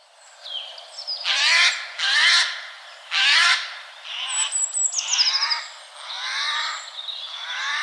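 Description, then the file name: Eurasian jay uttering three loud, hoarse screeches, then quieter rasping notes, with high twittering and whistles behind. "Garrulus glandarius"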